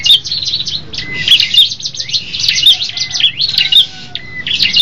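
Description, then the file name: Tailorbird song: a continuous run of high, thin twittering notes and quick slurs, with occasional lower whistled tones. Red-headed type; several birds singing together as a group. "prenjak kepala merah ombyokan omkicau"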